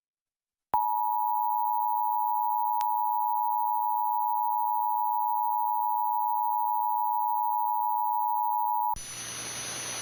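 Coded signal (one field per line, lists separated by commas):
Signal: Emergency Alert System (SAME) tones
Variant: 853 and 960 Hz attention tone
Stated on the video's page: Sacramento TV EAS tests and severe thunderstorm warnings, captured as audio only.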